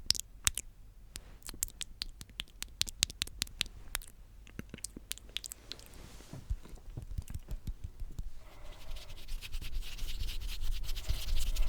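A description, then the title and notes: Mouth sounds: a dense run of sharp wet clicks and pops over the first six seconds, then sparser clicks and a rising hiss. ASMR The MOST Tingly MOUTH Sounds.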